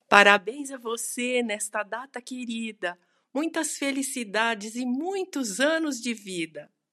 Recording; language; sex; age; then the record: short text; Brazilian Portuguese; female; 60 to 69 years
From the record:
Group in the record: control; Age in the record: 68 years